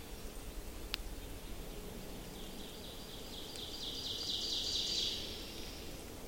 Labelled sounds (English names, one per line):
Ovenbird song